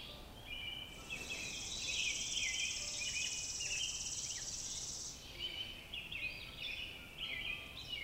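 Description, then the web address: Robin song: short warbled phrases repeated over and over, partly masked by a steady high insect buzz through the middle. "Sounds of Nature Robins"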